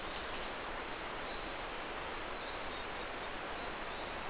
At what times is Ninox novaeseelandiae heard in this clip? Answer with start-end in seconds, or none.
none